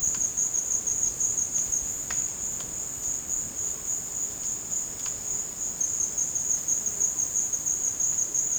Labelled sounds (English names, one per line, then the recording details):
none
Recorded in dense forest near Puerto Asís, Putumayo, Colombia, on 12 March 2025 at 14:00
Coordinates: 0.486, -76.317
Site G053